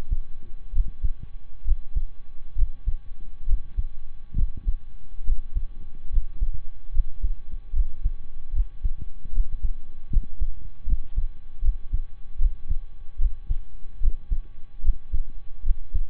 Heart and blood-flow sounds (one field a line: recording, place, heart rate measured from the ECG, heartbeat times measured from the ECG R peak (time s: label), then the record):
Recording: heart sounds by stethoscope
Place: between the tricuspid and mitral areas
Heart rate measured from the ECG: 73 bpm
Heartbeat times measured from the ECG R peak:
0.01 s: heartbeat
0.70 s: heartbeat
1.62 s: heartbeat
2.53 s: heartbeat
3.43 s: heartbeat
4.33 s: heartbeat
5.21 s: heartbeat
6.07 s: heartbeat
6.89 s: heartbeat
7.70 s: heartbeat
8.50 s: heartbeat
9.29 s: heartbeat
10.07 s: heartbeat
10.83 s: heartbeat
11.59 s: heartbeat
12.36 s: heartbeat
13.16 s: heartbeat
13.97 s: heartbeat
14.79 s: heartbeat
15.60 s: heartbeat
From the record:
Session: slow and fast walking with breaks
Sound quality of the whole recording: saturated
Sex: male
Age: 25 years